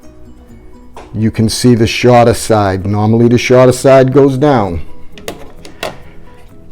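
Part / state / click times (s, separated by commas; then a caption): memory module into motherboard DIMM slot / seated / 5.3 s, 5.8 s. A memory stick is pressed into a DIMM slot on an ASUS ROG STRIX B550-E motherboard set up on a wet-bench. Someone talks, then after the speech two sharp clicks are heard at 5.3 s and 5.8 s. Those two latch clicks mean the RAM module is seated right.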